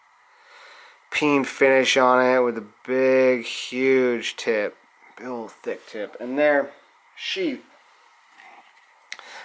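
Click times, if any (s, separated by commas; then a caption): 9.1 s. Someone talks about a fixed-blade outdoor knife, and then the knife is pushed into its molded sheath. It snaps in at 9.1 s with a sharp click and sits seated with no wiggle, no shake and no noise.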